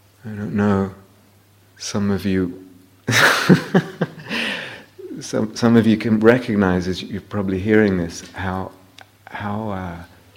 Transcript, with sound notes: I don't know, some of you, [laughs] some of you can recognize this. You're probably hearing this, how